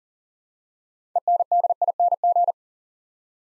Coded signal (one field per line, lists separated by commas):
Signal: Morse code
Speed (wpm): 38 wpm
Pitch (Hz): 700 Hz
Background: none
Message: ENDING